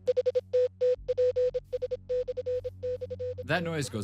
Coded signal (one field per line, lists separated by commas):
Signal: Morse code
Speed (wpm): 26 wpm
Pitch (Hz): 500 Hz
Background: speech, music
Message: HTTPS//T